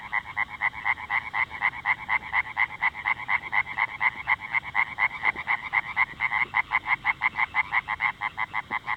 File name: Hyla orientalis